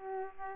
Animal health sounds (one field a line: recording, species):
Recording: mosquito wingbeat signal from an infrared sensor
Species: Aedes aegypti